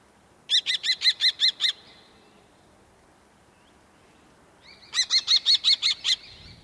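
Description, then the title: Common Kestrel giving two bursts of rapid, shrill repeated notes in quick even series, separated by a few seconds of quiet. "Viikon luontoääni: Tuulihaukka"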